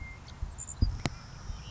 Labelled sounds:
Savannah Sparrow
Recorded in Sonoma County, California

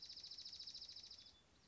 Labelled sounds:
Dark-eyed Junco
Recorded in Sonoma County, California

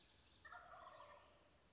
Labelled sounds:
Wild Turkey
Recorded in Sonoma County, California

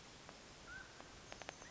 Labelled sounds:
Mountain Quail
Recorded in Sonoma County, California

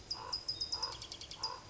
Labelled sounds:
Common Raven
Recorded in Sonoma County, California

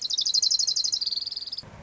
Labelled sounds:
Orange-crowned Warbler
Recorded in Sonoma County, California

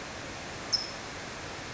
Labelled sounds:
California Towhee
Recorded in Sonoma County, California

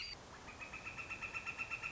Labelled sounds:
Northern Flicker
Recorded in Sonoma County, California

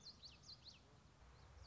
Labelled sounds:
Common Yellowthroat
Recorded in Sonoma County, California

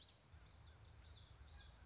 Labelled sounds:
Common Yellowthroat
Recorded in Sonoma County, California

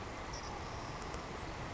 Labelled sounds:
Savannah Sparrow
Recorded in Sonoma County, California

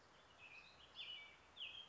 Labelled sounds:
American Robin
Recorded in Sonoma County, California

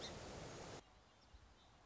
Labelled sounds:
Song Sparrow
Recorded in Sonoma County, California

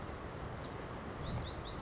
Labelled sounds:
Blue-gray Gnatcatcher
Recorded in Sonoma County, California

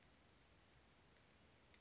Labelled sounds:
Western Flycatcher
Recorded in Sonoma County, California

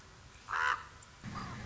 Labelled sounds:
Common Raven
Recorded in Sonoma County, California

